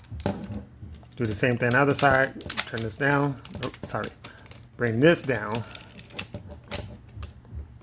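Someone talks while handling the plastic arm piece of a Tobot Galaxy Detectives Shuttle (Rocket) transforming toy, bringing it down on the second side of the shuttle body, with a few small plastic taps and clicks. The arm piece has not yet locked into the body; nothing has seated or clicked into place yet.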